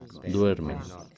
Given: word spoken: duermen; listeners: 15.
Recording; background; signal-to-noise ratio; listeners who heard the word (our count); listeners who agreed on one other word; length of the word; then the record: one Spanish word in noise, from a listening test; four-talker babble; 12.6 dB; 0 of 15; 9 of 15; 0.78 s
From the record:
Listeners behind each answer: 9, 6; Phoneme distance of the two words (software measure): 7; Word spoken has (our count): 2 syllables, 7 phonemes, stress on syllable 1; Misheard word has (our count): 2 syllables, 6 phonemes, stress on syllable 1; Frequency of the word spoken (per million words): 4.46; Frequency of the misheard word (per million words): 11.44